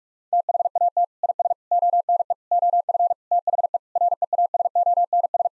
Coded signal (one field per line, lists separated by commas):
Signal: Morse code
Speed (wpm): 46 wpm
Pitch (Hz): 700 Hz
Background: none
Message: THAT IS ONE OF THE REASONS